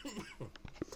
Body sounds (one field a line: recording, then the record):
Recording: coughing mixed with background sound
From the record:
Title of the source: Dry Afternoon Cough